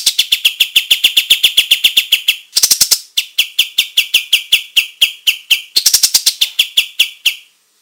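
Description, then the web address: Olive-winged bulbul song: steady stream of crisp repeated chips, twice broken by very fast, high twittering bursts, before going quiet. Singing gacor, energetically and in full voice. "kapas-tembak suara-burung-kapas-tembak-gacor"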